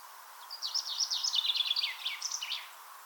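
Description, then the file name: Common chaffinch song: a rapid series of high notes descending into a rattling trill, finishing with a brief emphatic flourish, against light hiss. "Fringilla coelebs"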